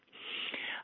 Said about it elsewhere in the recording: Did you hear that? That whistle? That was a wheeze. I don't know if it was the wind yesterday that kicked things up for me, but I really struggled through yesterday.